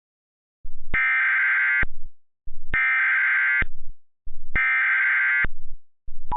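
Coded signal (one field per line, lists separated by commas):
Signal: Emergency Alert System (SAME) tones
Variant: header bursts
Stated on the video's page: Fan-made mock alert scenario using valid SAME tones.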